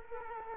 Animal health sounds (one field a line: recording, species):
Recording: mosquito wingbeat signal from an infrared sensor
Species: Culex quinquefasciatus